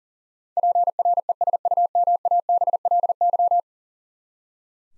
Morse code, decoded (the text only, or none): PRESUMABLY